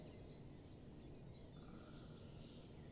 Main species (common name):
Great Spotted Woodpecker